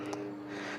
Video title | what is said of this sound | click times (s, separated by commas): Pellet Smokers - Things to Know Before You Buy | okay that just snaps back into place | 0.1 s